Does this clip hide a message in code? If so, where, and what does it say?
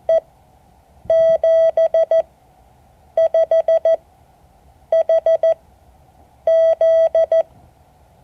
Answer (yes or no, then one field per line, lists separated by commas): yes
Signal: Morse code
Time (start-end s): 0.1-7.4 s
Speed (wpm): 14 wpm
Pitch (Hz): 650 Hz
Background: none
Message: E 75HZ